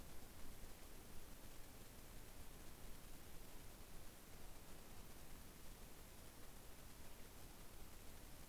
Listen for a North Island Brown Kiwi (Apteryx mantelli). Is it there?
no